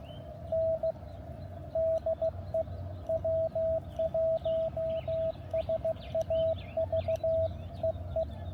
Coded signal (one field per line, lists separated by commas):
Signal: Morse code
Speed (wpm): 15 wpm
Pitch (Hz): 660 Hz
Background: none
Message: N DE W1SAV EE